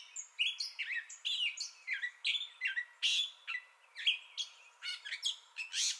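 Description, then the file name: Gray catbird song: a rambling, irregular sequence of many varied harsh and squeaky notes. Entire song bout recorded 30 May 2021. "2021-05-30 Gray Catbird Entire Song Bout"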